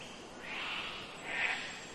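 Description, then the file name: Cockatoo calls, two rough rasping squawks in quick succession over a steady bed of wind and leaf noise. Rainforest ambience with wind in trees and birds, mainly cockatoos close by, early spring, Queensland, Australia. "zapsplat nature rainforest ambience wind trees birds mainly cockatoos close by early spring qld australia"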